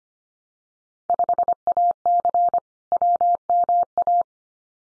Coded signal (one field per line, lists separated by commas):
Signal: Morse code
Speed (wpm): 25 wpm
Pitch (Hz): 700 Hz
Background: none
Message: 5AC WMA